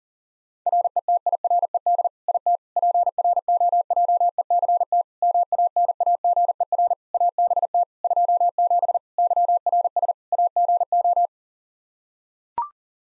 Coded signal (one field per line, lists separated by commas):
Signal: Morse code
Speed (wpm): 40 wpm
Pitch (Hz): 700 Hz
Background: none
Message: RETIRED IT PROJECT MANAGER ABT 27 YRS AGO